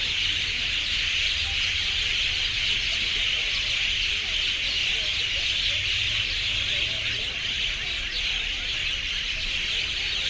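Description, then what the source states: Birds screaming en masse, a relentless high shrill chatter without gaps, over a low droning rumble. Urban city ambience; birds screaming, described as extreme.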